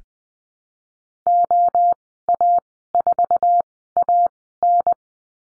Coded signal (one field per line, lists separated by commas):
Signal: Morse code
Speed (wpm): 20 wpm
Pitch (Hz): 700 Hz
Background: none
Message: OA4AN